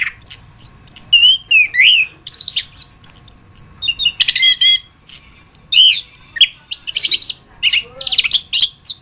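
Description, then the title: Thrush singing a dense, varied medley of high whistles, squeaks and buzzy notes, phrases running almost without break, faint steady hum in the background. "Suara Burung Anis"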